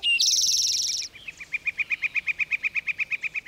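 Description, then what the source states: Northern flicker call: a fast, steady run of sharp, even notes, after a brief loud buzzy sound at the start. Red-shafted form, remembered as a former bird-feeder visitor; now lumped with the yellow-shafted flicker as the northern flicker.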